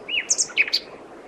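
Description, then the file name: Common nightingale song fragment: a quick run of varied chirps and short whistles within about a second, over faint background noise. "Luscinia megarhynchos"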